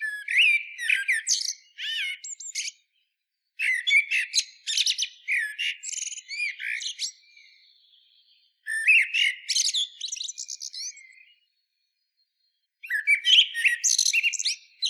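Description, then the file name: Common blackbird song: four separate bursts of fast, varied warbling that mix lower fluty notes with high squeaky twitters, with short pauses between them. "Turdus merula"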